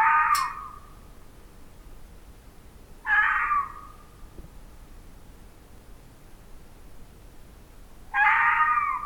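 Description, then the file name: Fox uttering harsh, strained wailing cries, three spread across about nine seconds with quiet pauses between them. "Cry Of A Fox"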